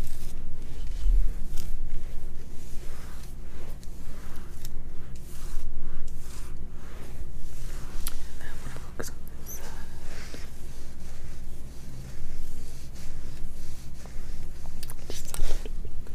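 Scalp care sounds: short scratchy strokes and soft plucking taps come in irregular bursts, with a few sharp clicks near eight, nine and fifteen seconds. Beneath them runs a steady low hum, and the scratching swells and fades throughout.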